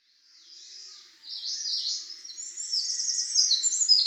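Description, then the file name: Eurasian wren with a high, hurried stream of trills and rattles, growing louder. "Troglodytes troglodytes"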